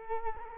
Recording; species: mosquito wingbeat signal from an infrared sensor; Culex quinquefasciatus